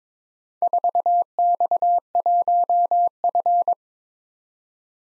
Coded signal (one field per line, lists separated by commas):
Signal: Morse code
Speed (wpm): 22 wpm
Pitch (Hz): 700 Hz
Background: none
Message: 4X1F